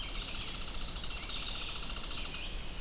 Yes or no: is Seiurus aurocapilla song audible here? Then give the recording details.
no. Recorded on 25 June 2016 at 05:30. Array SBT-6-76